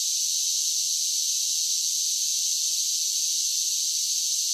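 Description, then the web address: Cicadas sing a constant shrill buzz, unvarying in loudness and pitch from start to end. "Blastwave INSECTS Cicadas Sing"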